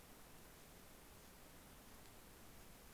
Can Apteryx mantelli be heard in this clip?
no